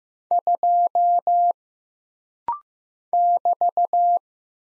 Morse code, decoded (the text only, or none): 2 <BT>